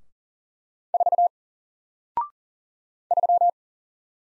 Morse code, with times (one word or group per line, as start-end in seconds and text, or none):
0.9-1.3 4
3.1-3.5 3